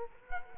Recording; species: mosquito wingbeat signal from an infrared sensor; Culex quinquefasciatus